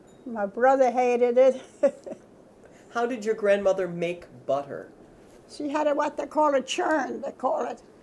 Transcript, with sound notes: My brother hated it! [Laughs]
How did your grandmother make butter?
She had what they call a churn, they call it.